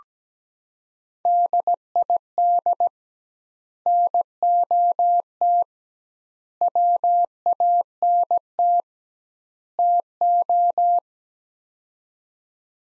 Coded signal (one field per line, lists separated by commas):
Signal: Morse code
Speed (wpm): 17 wpm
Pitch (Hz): 700 Hz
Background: none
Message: DID NOT WANT TO